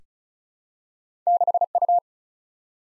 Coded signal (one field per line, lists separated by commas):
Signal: Morse code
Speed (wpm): 36 wpm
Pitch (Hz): 700 Hz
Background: none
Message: 6U